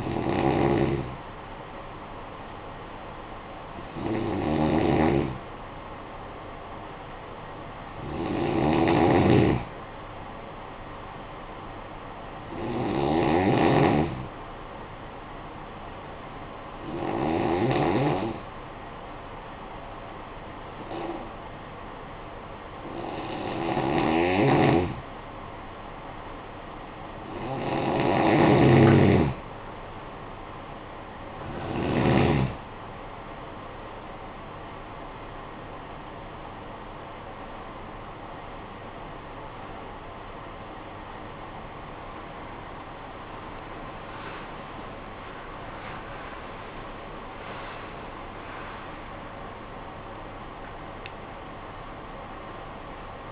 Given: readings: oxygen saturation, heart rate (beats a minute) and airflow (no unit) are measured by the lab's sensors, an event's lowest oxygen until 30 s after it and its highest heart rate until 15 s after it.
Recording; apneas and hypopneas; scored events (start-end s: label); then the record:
a person awake in a sleep study, by a voice recorder at the bedside; 1
18.00-32.20 s: hypopnea (N2, oxygen 95% highest, then 89% lowest, heart rate 61 at the start, 83 highest)
26.00-53.32 s: new sleep stage, awake
28.00-53.32 s: awake
From the record:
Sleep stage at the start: N2 (light sleep); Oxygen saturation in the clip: 87 to 95%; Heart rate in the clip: 56 to 94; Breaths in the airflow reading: 13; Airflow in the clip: -14.4 to 22.8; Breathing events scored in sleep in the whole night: 445 in 7.6 hours asleep